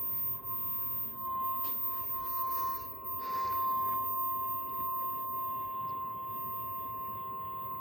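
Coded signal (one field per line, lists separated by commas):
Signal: Emergency Alert System (SAME) tones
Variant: 1050 Hz attention tone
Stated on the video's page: Severe thunderstorm warning EAS alert received at midnight via Cox cable.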